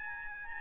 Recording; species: mosquito wingbeat signal from an infrared sensor; Aedes albopictus